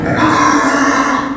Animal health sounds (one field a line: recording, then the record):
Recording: squeal of a Yucatan mini pig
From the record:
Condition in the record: after surgery on the right vocal fold (resection and tissue-engineered implant)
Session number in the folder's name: 4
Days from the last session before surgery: 26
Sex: female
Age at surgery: 19 weeks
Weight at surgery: 25 kg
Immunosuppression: prednisolone